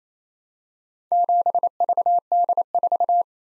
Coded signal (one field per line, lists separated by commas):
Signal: Morse code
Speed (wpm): 28 wpm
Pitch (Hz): 700 Hz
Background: none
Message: 7VD4